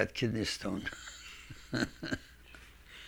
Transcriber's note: he laughs